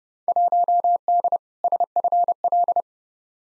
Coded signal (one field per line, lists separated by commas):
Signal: Morse code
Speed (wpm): 30 wpm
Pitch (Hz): 700 Hz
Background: none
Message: 1D SFL